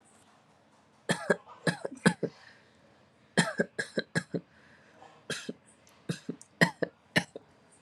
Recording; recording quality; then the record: shallow voluntary cough; excellent, no background noise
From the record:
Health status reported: recovered from COVID-19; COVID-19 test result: negative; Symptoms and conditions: asthma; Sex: male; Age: 26 years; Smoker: not ticked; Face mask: not worn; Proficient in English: yes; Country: India